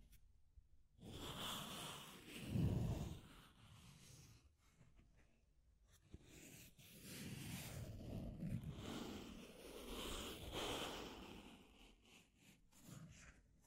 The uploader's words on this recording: ASMR Deep Scratching. (No Talking).